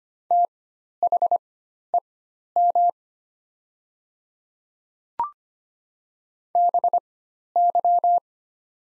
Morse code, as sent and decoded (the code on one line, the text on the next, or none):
- .... . -- / -... -.--
THEM BY